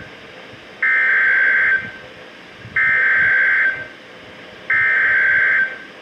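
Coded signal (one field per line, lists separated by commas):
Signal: Emergency Alert System (SAME) tones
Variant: header bursts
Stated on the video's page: Severe thunderstorm warnings on NOAA weather radio stations KHA99 and WXK22.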